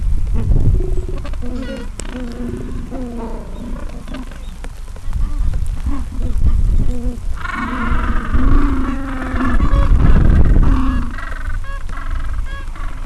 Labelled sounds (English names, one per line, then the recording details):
Gentoo Penguin
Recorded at the colony at Gold Harbour, on 26 December 2014
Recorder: Song Meter SM2+